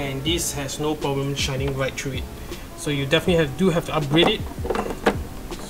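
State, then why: Seated. Someone talks while the LED bulb socket is twisted shut into the plastic taillamp housing of a 10th-gen (FC) Honda Civic during an LED taillamp conversion. A sharp click at 5.1 s marks the socket locking into place, and the socket is seated.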